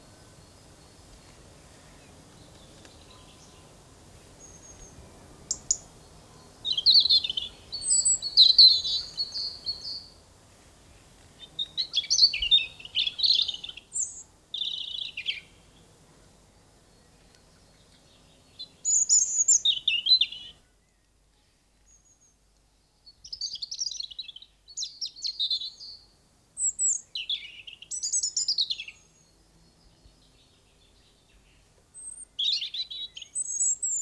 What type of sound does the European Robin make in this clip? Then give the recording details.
song. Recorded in the wild. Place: Locarno, Tessin, CH. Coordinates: 46.1872, 8.7925. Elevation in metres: 1033. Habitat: mountains. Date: 1978-03-10. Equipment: Uher 4000. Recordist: Tretzel, Erwin